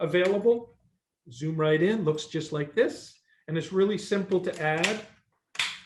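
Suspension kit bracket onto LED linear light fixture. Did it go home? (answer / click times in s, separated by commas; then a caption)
yes / 5.6 s. Someone talks while attaching a linear suspension kit bracket to an LED linear light bar. A single sharp snap is heard at 5.6 s as the kit seats onto the light bar.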